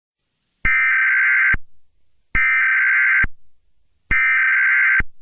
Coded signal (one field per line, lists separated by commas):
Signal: Emergency Alert System (SAME) tones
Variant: header bursts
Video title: (CRINGE WARNING) Some Roblox Train Crashes With EAS Scenarios